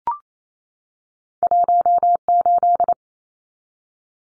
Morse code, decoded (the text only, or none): 18